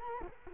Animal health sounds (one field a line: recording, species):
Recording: mosquito wingbeat signal from an infrared sensor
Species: Culex quinquefasciatus